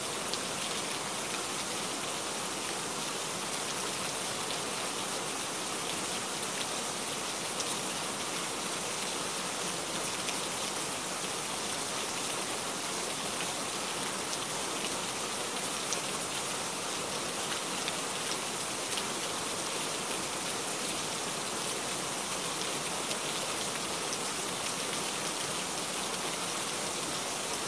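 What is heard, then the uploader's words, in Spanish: Steady, dense rain falls throughout, a constant bright hiss of countless drops with little low rumble and no distinct events or changes. Sonidos de Lluvia.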